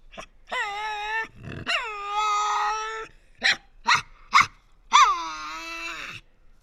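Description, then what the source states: Tasmanian devil uttering several drawn-out harmonic screeches broken by quick sharp snorting bursts. Resident devils in an enclosure at a conservation facility at Cradle Mountain, Tasmania, October 24, 2007, discussing among themselves.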